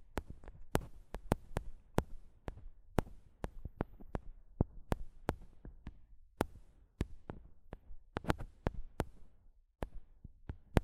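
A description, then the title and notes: Mic tapping and scratching: sharp, bright taps strike at an irregular but steady pace, roughly two or three per second across the whole clip. Between the taps a low, rough rumble of scratching and handling noise rises and falls, with a few brief quiet gaps. ASMR Mic Tapping and Scratching (No Talking).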